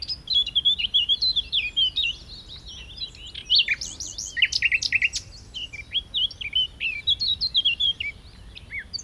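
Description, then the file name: Common nightingale pouring out a varied song of quick whistles, twittering notes and sharp slurred chirps, phrases separated by brief pauses. "Luscinia megarhynchos"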